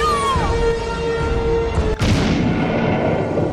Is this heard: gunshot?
yes